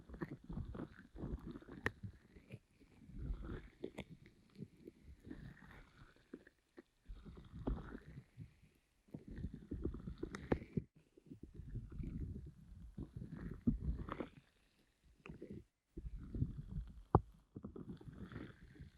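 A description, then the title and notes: Ear massage with a pineapple: rough, bristly rubbing and scratching in uneven bursts, each lasting a second or two, with short silent gaps between them. The sound is mostly low and muffled with a rustly edge, and occasional sharp clicks and taps stand out. Ear Massage with Pineapple (No Talking).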